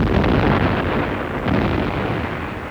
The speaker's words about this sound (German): 3 Tage Kanonendonner. Mir dröhnen schon die Ohren. Gott sei Dank sind die Manöver ja bald zu Ende.